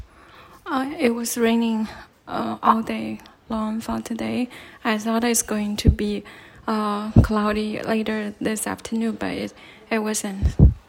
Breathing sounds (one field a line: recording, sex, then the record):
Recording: free speech after running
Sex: female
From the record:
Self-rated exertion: moderate exertion (3 of 6)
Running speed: 7 miles an hour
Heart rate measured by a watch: 113 beats a minute at the start, 108 at the end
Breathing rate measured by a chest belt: 21 breaths a minute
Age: 30 years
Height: 160 cm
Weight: 51 kg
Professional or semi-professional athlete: no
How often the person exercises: 3 to 5 times a week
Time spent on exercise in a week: over 5 hours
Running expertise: no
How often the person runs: 3 to 5 times a week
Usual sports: running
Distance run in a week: 60 km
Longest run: 42 km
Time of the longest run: 267 minutes